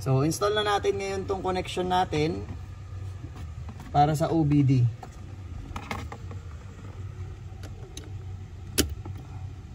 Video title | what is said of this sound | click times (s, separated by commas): Installing a PIVOT OB MONITOR on my HONDA CITY GN! | Yan. So mag-i-snap naman siya pag nakalock na siya. | 8.8 s